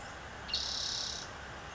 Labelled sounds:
Spotted Towhee
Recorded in Sonoma County, California

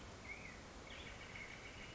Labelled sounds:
Black-headed Grosbeak
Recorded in Sonoma County, California

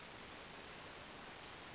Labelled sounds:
Western Flycatcher
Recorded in Sonoma County, California

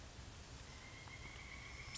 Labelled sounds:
Pileated Woodpecker
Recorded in Sonoma County, California

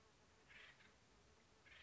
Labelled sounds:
Acorn Woodpecker
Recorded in Sonoma County, California

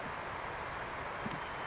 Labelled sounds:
Western Flycatcher
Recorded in Sonoma County, California

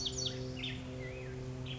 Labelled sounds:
Black-headed Grosbeak
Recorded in Sonoma County, California

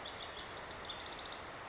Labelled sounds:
House Wren
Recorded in Sonoma County, California

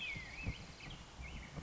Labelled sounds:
Black-headed Grosbeak
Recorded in Sonoma County, California

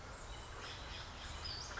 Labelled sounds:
Western Flycatcher
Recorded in Sonoma County, California

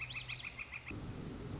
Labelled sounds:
Northern Flicker
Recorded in Sonoma County, California

